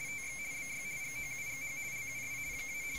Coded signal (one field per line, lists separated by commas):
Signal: RTTY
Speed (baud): 50 baud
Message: T BY GOUGH LUI -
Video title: 50 baud RTTY transmission using the Arduino